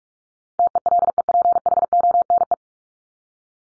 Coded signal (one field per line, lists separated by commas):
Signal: Morse code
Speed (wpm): 44 wpm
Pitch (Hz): 700 Hz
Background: none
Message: TELEPHONE